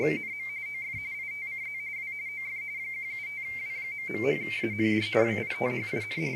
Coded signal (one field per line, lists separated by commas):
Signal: RTTY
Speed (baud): 45.45 baud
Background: speech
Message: NM OF ITCZ W OF 175W...AND WITHIN